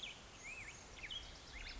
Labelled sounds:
Black-headed Grosbeak (Pheucticus melanocephalus)

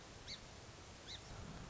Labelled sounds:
Song Sparrow (Melospiza melodia)

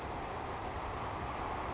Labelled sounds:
Savannah Sparrow (Passerculus sandwichensis)

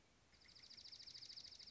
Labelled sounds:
Dark-eyed Junco (Junco hyemalis)

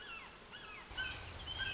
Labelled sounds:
Red-shouldered Hawk (Buteo lineatus)

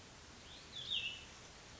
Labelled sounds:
Cassin's Vireo (Vireo cassinii)

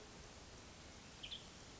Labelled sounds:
Western Tanager (Piranga ludoviciana)

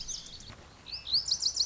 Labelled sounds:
Lazuli Bunting (Passerina amoena)

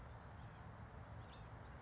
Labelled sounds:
House Finch (Haemorhous mexicanus)

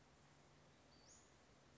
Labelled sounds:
Western Flycatcher (Empidonax difficilis)

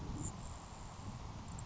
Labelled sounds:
Grasshopper Sparrow (Ammodramus savannarum)

